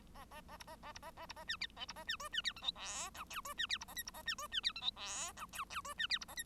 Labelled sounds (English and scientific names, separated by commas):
Bengalese Finch (Lonchura striata domestica) song